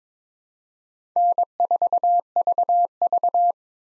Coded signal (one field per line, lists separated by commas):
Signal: Morse code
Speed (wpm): 22 wpm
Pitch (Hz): 700 Hz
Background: none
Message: N4VV